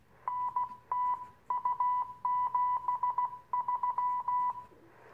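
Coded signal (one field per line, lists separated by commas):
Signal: Morse code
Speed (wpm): 16 wpm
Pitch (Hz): 990 Hz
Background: none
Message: NTU 73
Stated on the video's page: CW contact on the 2m VHF band.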